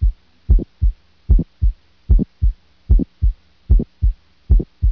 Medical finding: Ejection Click.